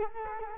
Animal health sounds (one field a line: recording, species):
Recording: mosquito wingbeat signal from an infrared sensor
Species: Culex quinquefasciatus